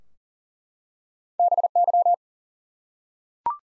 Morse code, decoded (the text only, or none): BY